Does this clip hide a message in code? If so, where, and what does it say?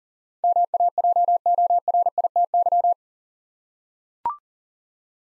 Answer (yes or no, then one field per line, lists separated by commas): yes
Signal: Morse code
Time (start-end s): 0.4-2.9 s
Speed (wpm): 43 wpm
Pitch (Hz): 700 Hz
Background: none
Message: MAJORITY